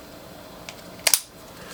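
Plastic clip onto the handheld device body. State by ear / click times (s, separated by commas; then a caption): seated / 1.1 s. A plastic clip is pushed onto the body of a handheld device and snaps into place, seating with two sharp clicks at 1.1 s and 1.1 s. A fainter tick comes at 0.7 s, and the rest is quiet background. The clip is left fixed on the device.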